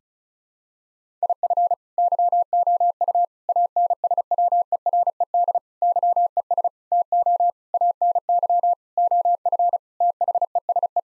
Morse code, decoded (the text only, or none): IF YOU ANSWERED YES TO ANY OF THESE